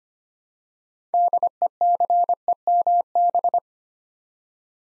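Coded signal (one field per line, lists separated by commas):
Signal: Morse code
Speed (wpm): 25 wpm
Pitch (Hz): 700 Hz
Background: none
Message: DECEMB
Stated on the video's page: Morse practice set for beginners building 8-letter words three letters at a time at 25 wpm, aimed at instant character recognition.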